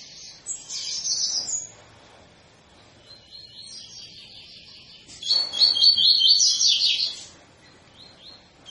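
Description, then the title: Double-collared seedeater singing a short high buzzy phrase, a pause with faint notes, then a louder run of rapid repeated chirps. Tui-tui style song of a bird with strong vigour, used as a teaching song for young birds. "COLEIRO TUI TUI FIBRA"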